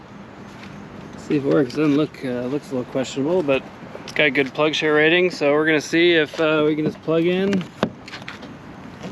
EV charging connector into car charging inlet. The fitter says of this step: Didn't lock in, so that's not a usually good sign.